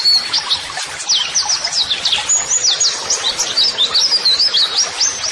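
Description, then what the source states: White-eye twittering song: sharp, high chirps and short rising and falling whistles delivered in a dense, lively stream. Pleci singing actively ('gacor'), offered as a 'masteran' model song for training birds to answer, and as 'audio terapi'.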